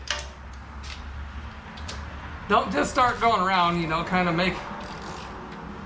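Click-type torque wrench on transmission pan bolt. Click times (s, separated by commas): 0.1 s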